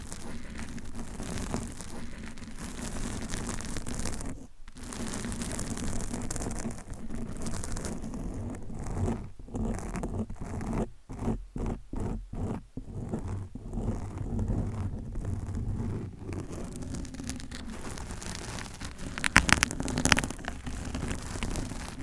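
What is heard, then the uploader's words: Long nails scratch across a microphone in a steady, dense rasp that fills the whole clip. Brief silent gaps break it around five seconds and then come in a quick run between eleven and thirteen seconds, and a few sharper scrapes stand out near nineteen seconds. ASMR Mic Scratching - Brain Scratching with Long Nails BRAIN MELTING!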